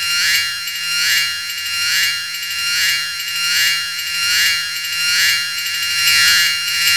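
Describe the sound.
Cicada song: a loud, high, hissing buzz that swells and fades in regular pulses about every eight-tenths of a second.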